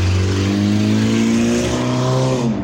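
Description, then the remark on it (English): A car engine drones loudly and steadily, its layered harmonic hum creeping slightly upward in pitch over a few seconds before cutting off abruptly, with no voices. “It's not like lack of lube in the. The engine, the pistons and everything? Or is it lack of grease in the gearbox?”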